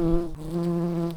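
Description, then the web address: Early bumblebee buzzing, a steady low droning hum with a slight dip in loudness partway through, no other sounds. Queens. "Pratorum queens"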